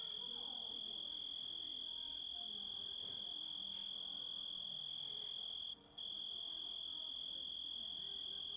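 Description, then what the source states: Grasshopper calling with a continuous shrill, level tone that runs without pause except for a brief gap around six seconds; soft low rumble underneath. Composite of several sounds.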